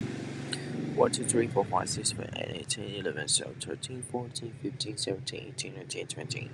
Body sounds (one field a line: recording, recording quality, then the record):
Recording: counting at a fast pace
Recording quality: moderate, slight background noise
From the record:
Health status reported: recovered from COVID-19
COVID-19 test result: negative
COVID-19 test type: rapid antigen test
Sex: male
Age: 21 years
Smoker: no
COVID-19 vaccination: both doses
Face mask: worn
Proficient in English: yes